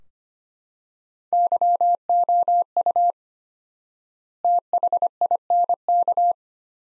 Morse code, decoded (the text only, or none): YOU THINK